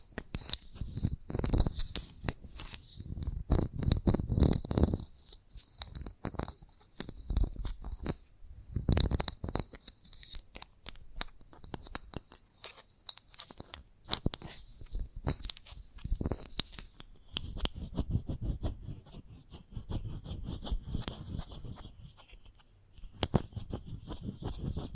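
Chalk scratches and crunches in dense bursts of rapid tapping and carving, with quieter gaps, and a faint high whine runs throughout.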